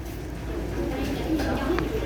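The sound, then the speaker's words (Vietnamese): Birds call softly over a steady, noisy background, with a few low, brief cooing notes and faint higher chirps scattered through the short stretch. “Một, tiếng chim hót bài kia vui vẻ quá.”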